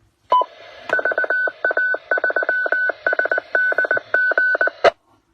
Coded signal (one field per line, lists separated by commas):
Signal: Morse code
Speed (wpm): 19 wpm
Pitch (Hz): 1500 Hz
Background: none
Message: VA3SDG